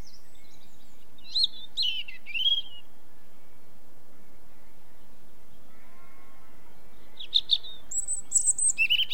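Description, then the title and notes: European robin giving two bursts of high, warbling, slurred phrases separated by several seconds of near silence, the second burst longer and more varied. Recorded in Devon on 7 May 1981. "[unknown sound recordist. BBC] - Robin – (Erithacus Rubecula) with Distant Sheep (Devon 7.5.81)"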